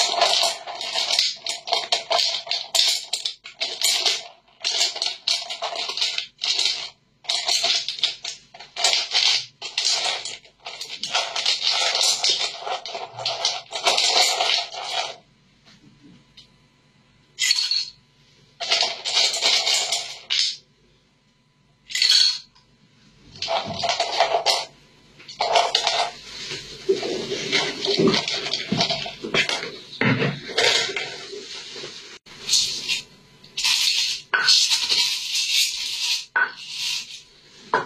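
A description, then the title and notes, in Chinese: Medicine being pounded and ground into powder, with bursts of bright gritty scraping broken by short silences, notably around 16, 22 and 25 seconds. 模拟少言寡语的中医问诊抓药开方子捣药碾磨药粉。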